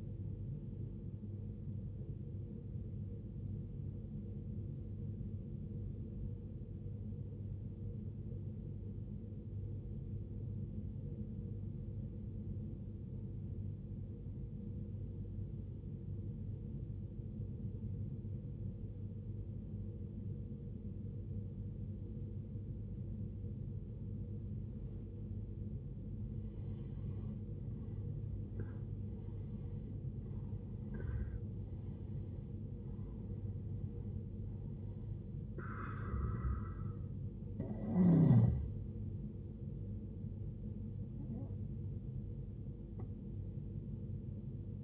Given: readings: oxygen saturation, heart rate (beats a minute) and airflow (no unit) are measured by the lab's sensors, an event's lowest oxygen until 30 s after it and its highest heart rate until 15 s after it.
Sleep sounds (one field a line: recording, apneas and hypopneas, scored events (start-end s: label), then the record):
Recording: breathing in sleep by a smartphone at the bedside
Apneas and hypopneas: 1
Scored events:
7.00-28.50 s: obstructive apnea (N1, oxygen 95% highest, then 80% lowest, heart rate 58 at the start, 76 highest)
From the record:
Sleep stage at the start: N1 (lightest sleep)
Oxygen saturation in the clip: 84 to 95%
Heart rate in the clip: 53 to 76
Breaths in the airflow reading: 5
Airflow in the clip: -13.9 to 17.3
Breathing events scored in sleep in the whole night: 389 in 6.3 hours asleep